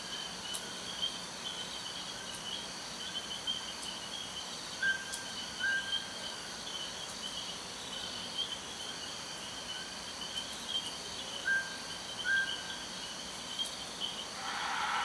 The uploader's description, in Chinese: 節奏鳥與動物鳴叫聲，偶而出現水滴與車輛聲響，少許錄音者的步伐與動作聲響。